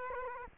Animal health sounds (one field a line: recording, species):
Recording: mosquito wingbeat signal from an infrared sensor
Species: Culex quinquefasciatus